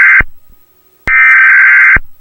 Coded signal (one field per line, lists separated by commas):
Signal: Emergency Alert System (SAME) tones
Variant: header bursts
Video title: Washington D.C USA EAS Scenario (2011) EARTHQUAKE